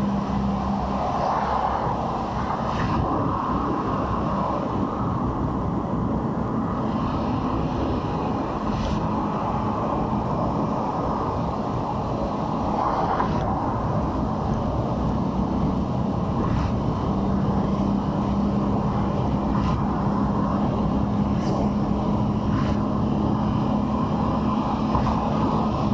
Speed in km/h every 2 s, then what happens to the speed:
69, 67, 68, 66, 64, 64, 63, 66, 69, 71, 72, 74, 75.
0-12 steady at about 66. 12-26 speeds up to 75.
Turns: none.